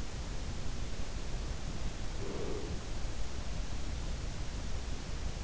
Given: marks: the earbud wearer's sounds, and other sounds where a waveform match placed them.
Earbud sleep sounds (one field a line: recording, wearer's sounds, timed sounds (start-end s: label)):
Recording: sounds in sleep by an in-ear microphone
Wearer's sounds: breath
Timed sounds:
2.07-3.14 s: breath